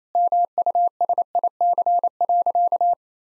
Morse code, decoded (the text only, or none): MUSIC.